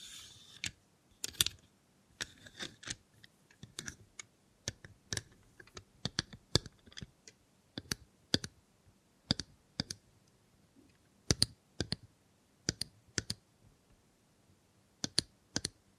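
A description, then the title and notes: Robot hand ASMR with crisp, bright clicks and taps, like keys or plastic joints snapping, arriving irregularly about once or twice a second with near silence between. The opening two seconds are busier, with soft rustling, and a faint low hum runs underneath. Try ASMR with a Robot Hand (No Talking).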